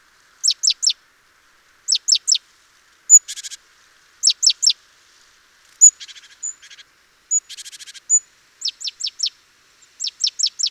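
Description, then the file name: Great tit calling with groups of three or four high, steeply falling notes, mixed with harsh buzzy rattles and brief thin whistles between the note groups. "Parus major"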